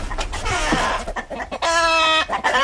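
Several hens cluck and chatter in quick, uneven bursts, with one long, steady, high-pitched squawk standing out near the end over a low background rumble.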